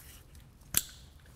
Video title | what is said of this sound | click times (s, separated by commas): Install: 7- and 4-Pole Trailer Connector Socket w/ Mounting Bracket on a 2018 Chevrolet Traverse | want to hear that click. | 0.8 s